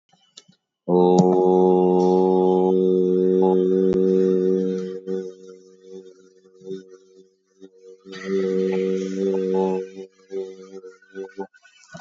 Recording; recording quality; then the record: sustained vowel as in boot; excellent, no background noise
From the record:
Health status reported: COVID-19 positive, moderate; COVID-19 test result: positive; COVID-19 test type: RT-PCR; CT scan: not taken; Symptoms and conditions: cough, cold, sore throat, fever, muscle pain, loss of smell and taste, diarrhoea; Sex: male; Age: 37 years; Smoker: no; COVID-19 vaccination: one dose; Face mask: worn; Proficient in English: yes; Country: India